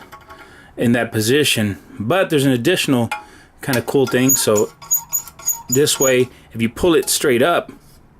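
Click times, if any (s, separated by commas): none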